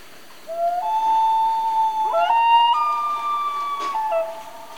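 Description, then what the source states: Common loon wail that rises in steps, holding a pure, sustained tone that jumps higher twice before easing back down. Family group of loons, described as Canadian.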